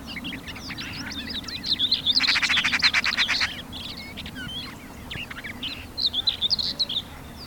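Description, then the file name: Eurasian magpie giving a harsh, rapid rattling chatter lasting over a second, amid scattered thin chirps before and after. "Pica pica"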